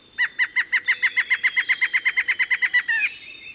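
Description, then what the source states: Black-hooded antshrike calling with a fast series of many sharp, clipped notes that ends in a longer, harsher note. Two calling deep in a thicket at about 8 a.m. as heat and humidity rise, near a stream running to the Pacific.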